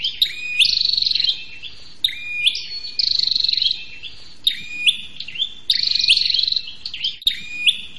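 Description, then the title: Prinia giving a noisy series of high buzzing trills and sharp rising chirps, the phrases coming at irregular intervals. Noisy calls used as a lure for trapping prenjak birds, including the red-headed prenjak and visiting prenjak. "Suara Prenjak Ribut Buat Pikat Burung Prenjak Kepala Merah Prenjak Tamu"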